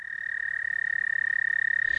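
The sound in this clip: American toad trilling: a long, steady, high musical trill held on one even pitch throughout, pulsing rapidly without a break.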